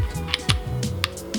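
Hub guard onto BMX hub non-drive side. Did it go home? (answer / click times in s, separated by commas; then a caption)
no / none. A plastic/metal hub guard is handled and pressed onto the non-drive side of a Wethepeople Supreme cassette BMX hub, in place of the cone. Short sharp ticks and light handling noises are heard. Nothing has seated or clicked into place yet.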